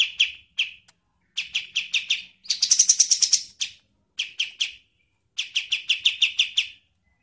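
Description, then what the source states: Bird song: bursts of rapid, clipped chirps alternating with a dense, buzzy trilled phrase, separated by brief silences. Training song for songbirds (masteran).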